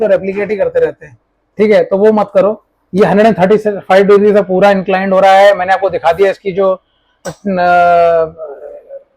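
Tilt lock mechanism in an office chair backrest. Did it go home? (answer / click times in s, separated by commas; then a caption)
no / none. A man talks continuously while handling the tilt lock mechanism in an office chair backrest, tilting the backrest. Nothing has seated or clicked yet when the clip ends.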